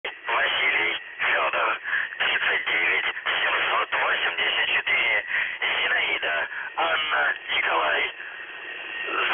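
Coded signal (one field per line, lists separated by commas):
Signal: numbers station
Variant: UVB-76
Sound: a male voice reading short words over a narrow radio channel, with brief pauses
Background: radio static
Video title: The Buzzer/UVB-76 Voice Message (November 25, 2020 10:24 UTC)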